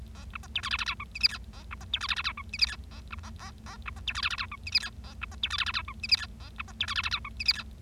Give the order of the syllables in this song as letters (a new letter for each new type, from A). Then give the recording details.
A B C D E F F G H I J K A B C D E F F G H I J K A B A A A B C D E F F G H I J K A B C D E F F G H I J K A B C D E F F G H I J K. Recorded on 25 March 2012 at 19:17. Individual gy6or6